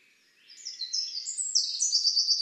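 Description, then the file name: Eurasian wren song starting up, a short burst of rising high notes breaking into a fast, ringing trill. "Troglodytes troglodytes"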